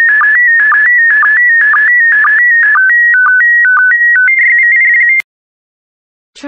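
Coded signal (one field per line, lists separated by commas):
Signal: SSTV (slow-scan television)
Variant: PD120 mode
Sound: warbling electronic tone stepping in pitch with short low blips, then silence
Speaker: complete. You can now check your decoded image against the picture that is shown on the video.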